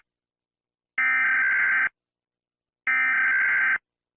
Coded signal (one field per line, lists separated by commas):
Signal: Emergency Alert System (SAME) tones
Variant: header bursts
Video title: EAS Scenario: THE FOG IS COMING. Inspired by @Vinmagma